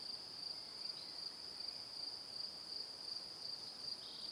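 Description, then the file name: Crickets keep up a thin, high-pitched pulsing chirp at a steady rate throughout. Crickets chirping in the evening. "Calm - Evening Crickets"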